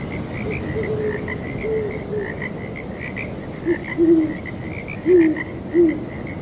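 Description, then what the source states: Owl calling with several low hoots in the second half after fainter notes, while frogs croak continuously in the background and a breeze hisses. Breezy night; owls hooting together with frogs.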